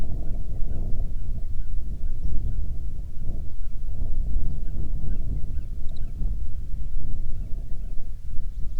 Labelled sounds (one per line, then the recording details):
bird
wind
insects
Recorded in the Prudhoe Bay oil fields, Alaska, on 7 July 2019 at 00:02
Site 16